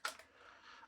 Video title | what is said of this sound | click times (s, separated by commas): [HOW TO] DELTA ARMORY Freya GEN.2 Hop Rubber change - Switch for the Trinity Rubber | clicked in at the back there it may be sometimes that just needs a little bit of pushing down | 0.1 s